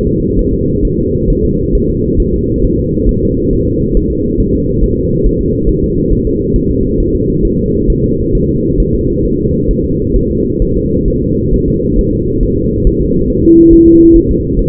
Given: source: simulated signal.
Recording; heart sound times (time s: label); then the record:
fetal heart sounds
0.07 s: S2
0.39 s: S1
0.53 s: S2
0.85 s: S1
0.99 s: S2
1.30 s: S1
1.45 s: S2
1.75 s: S1
1.90 s: S2
2.20 s: S1
2.34 s: S2
2.64 s: S1
2.79 s: S2
3.09 s: S1
3.23 s: S2
3.53 s: S1
3.68 s: S2
3.97 s: S1
4.11 s: S2
4.41 s: S1
4.55 s: S2
4.84 s: S1
4.98 s: S2
5.27 s: S1
5.41 s: S2
5.69 s: S1
5.84 s: S2
6.13 s: S1
6.27 s: S2
6.56 s: S1
6.71 s: S2
7.00 s: S1
7.15 s: S2
7.45 s: S1
7.59 s: S2
7.90 s: S1
8.04 s: S2
8.35 s: S1
8.49 s: S2
8.80 s: S1
8.95 s: S2
9.25 s: S1
9.40 s: S2
9.71 s: S1
9.85 s: S2
10.16 s: S1
10.31 s: S2
10.62 s: S1
10.77 s: S2
11.08 s: S1
11.22 s: S2
11.54 s: S1
11.68 s: S2
11.99 s: S1
12.13 s: S2
12.43 s: S1
12.58 s: S2
12.87 s: S1
13.01 s: S2
13.30 s: S1
13.45 s: S2
13.73 s: S1
13.88 s: S2
14.16 s: S1
14.31 s: S2
14.59 s: S1
From the record:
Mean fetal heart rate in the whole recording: 135 bpm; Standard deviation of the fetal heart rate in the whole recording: 3 bpm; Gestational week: 36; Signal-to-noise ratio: -14.7 dB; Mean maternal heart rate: 72 bpm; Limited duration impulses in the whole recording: present